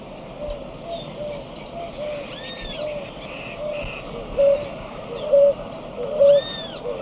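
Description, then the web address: Ruddy ground-dove song: short low coos repeated about once a second, fainter at first and stronger near the end, with arched chirps of other birds and steady insect hiss. Eastern lowlands of South America. "Natures Songs S America Eastern Lowlands. Ruddy Ground-Dove"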